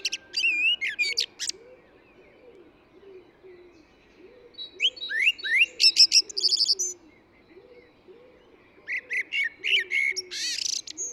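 Eurasian blackbird song in bursts of fluty warbled notes near the middle range, then high squeaky twitters, with low repeated cooing underneath throughout.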